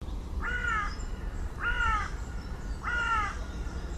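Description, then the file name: Carrion crow cawing, three harsh, hoarse caws spaced about 1.2 seconds apart, over a steady low rumble in the background. "Corvus corone"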